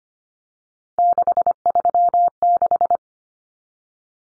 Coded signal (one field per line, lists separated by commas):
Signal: Morse code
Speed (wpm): 25 wpm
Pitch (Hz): 700 Hz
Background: none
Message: 636